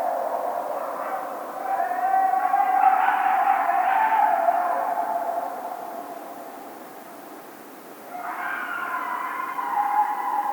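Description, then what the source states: Coyote howling in drawn-out wavering tones, two long howls rising and falling, the second starting after a brief dip, over steady background hiss. Howl, recorded 1 February 2010.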